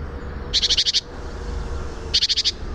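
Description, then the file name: Great tit call: two quick bursts of about six harsh, clicking notes each, over a low steady hum. "Parus major"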